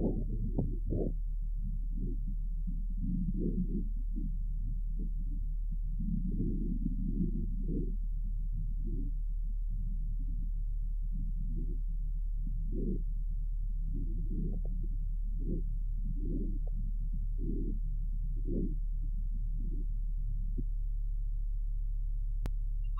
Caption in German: Alter nimmt die Lautstärke der Lungengeräusche beim gesunden Fohlen, insbesondere bei der Expiration, deutlich ab, wie dies im Folgenden bei einem 4 Monate alten Fohlen dokumentiert wird.